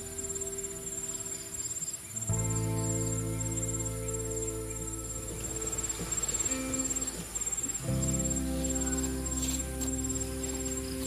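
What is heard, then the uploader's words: Crickets chirp in a steady, high, rapid pulse throughout. At about two seconds calm lofi music enters with long, warm low chords that shift gently midway, and a new chord swells in just before the eight-second mark, holding to the end. Sound of Calm Wave, Cricket sound and Summer Ambience with calming lofi music.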